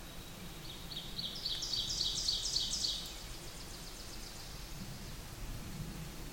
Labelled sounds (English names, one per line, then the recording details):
Ovenbird song
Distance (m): 35 m
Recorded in boreal forest in Alberta, Canada, on 8 June 2016 at 07:01
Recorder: SongMeter 3, array SBT-3-9
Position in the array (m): 48 m, 103 m
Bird 33